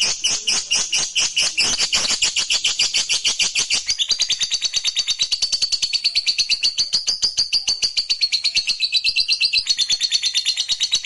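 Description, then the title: Lovebird chattering song: a nonstop fast rattle of shrill squeaky notes, rougher in the opening seconds and then settling into an even rhythm. "Suara Lovebird"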